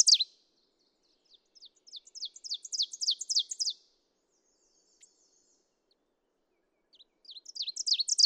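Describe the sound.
Ovenbird: the tail of one song, then a full run of repeated high, emphatic phrases building in volume, and another song beginning near the end.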